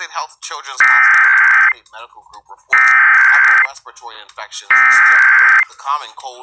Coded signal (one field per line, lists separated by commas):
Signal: Emergency Alert System (SAME) tones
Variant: header bursts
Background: speech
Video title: 4 Pennsylvania EAS Required Monthly Tests (10/18/18) (EAS #2-5)